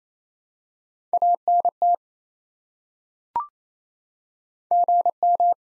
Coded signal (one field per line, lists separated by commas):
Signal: Morse code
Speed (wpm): 28 wpm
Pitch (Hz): 700 Hz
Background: none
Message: ANT GM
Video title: Top 20 QSO Elements 28wpm